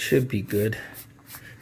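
Someone talks while pressing around the edges of the plastic bottom cover of an ASUS Vivobook Flip 14 laptop, working the last cover clip into the chassis after adding RAM. Only speech and faint handling noise are heard. Nothing has seated or clicked yet.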